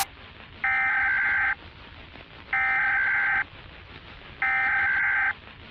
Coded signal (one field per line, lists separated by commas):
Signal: Emergency Alert System (SAME) tones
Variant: header bursts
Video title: Zombie Virus Outbreak | EAS Scenario – Analog Horror